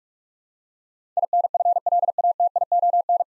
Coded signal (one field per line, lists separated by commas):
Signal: Morse code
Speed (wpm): 46 wpm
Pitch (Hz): 700 Hz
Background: none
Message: INFLATION